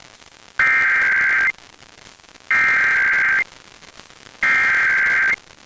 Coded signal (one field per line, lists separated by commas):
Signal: Emergency Alert System (SAME) tones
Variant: header bursts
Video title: Pennsylvania Required Monthly Tests (10/20/22) (EAS 1244-1254)